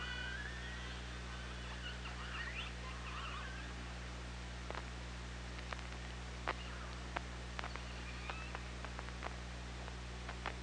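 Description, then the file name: Killer whale sounds underwater: faint wavering tonal squeals early on, then a long series of irregular sharp clicks over constant low hum. Recorded on OrcaLab hydrophone, 24 August 2017, 18:03:36. "Orca Lab 20170824 180336"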